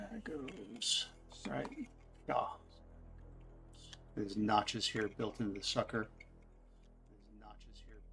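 A 3D-printed plastic cover is handled against the built-in notches on a printer frame, ready to be pressed on, while someone talks. Only soft handling sounds come through between the speech, and the cover has not seated or clicked into place yet.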